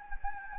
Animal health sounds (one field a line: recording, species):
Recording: mosquito wingbeat signal from an infrared sensor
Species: Anopheles gambiae